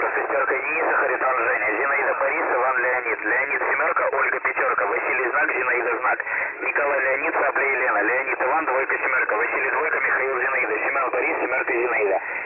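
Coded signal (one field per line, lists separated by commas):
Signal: coded military voice message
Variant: Russian, The Pip (S30)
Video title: The Pip Voice Message February 16, 2021 06:42 UTC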